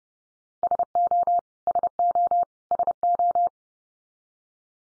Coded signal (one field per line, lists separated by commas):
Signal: Morse code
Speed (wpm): 30 wpm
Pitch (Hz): 700 Hz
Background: none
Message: SO SO SO